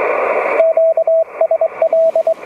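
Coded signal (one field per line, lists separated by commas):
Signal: Morse code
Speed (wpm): 21 wpm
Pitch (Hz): 650 Hz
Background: radio noise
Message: QSL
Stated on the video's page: CW DX contacts made pedestrian mobile from a portable setup.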